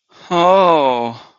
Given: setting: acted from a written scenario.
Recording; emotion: vocal sound without words; sadness